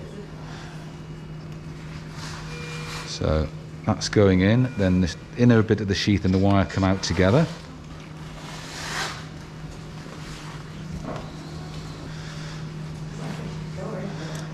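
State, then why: Not seated. A vascular closure device is fed in from the front into the femoral access sheath after the inner dilator and wire have been removed together, and is still being advanced and positioned. Someone talks from about 3 to 7.5 seconds over a steady low hum. Nothing has clicked or seated yet in this stretch.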